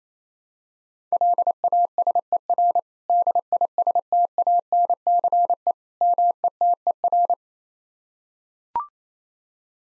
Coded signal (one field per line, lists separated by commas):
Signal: Morse code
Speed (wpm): 28 wpm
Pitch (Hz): 700 Hz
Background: none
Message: LASER DISTANCE METER